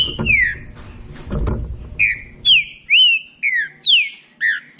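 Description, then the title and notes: Green-winged saltator song: a few clear slurred whistles, a burst of low noise, then a run of several slurred whistled notes. Classic song style (canto clássico) recording intended for training. "Canto Clássico Trinca Ferro TREINAMENTO. trinca fero"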